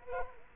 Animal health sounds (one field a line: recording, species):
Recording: mosquito wingbeat signal from an infrared sensor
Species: Culex quinquefasciatus